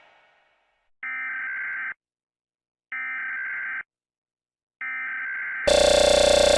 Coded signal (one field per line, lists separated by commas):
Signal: Emergency Alert System (SAME) tones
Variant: header bursts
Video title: Rating EAS (A-Z) #16